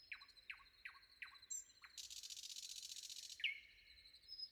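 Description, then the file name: Common nightingale song: a series of repeated descending whistled notes, then a loud buzzy rattle lasting over a second, ending with a sharp note and thin high whistles. Sung before dawn. "predawn nightingale"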